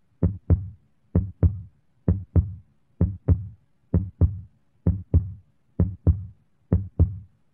Heartbeat.